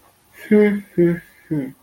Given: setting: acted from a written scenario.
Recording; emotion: vocal sound without words; romantic love